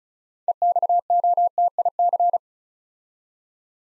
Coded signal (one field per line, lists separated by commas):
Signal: Morse code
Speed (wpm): 36 wpm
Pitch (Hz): 700 Hz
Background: none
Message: EXOTIC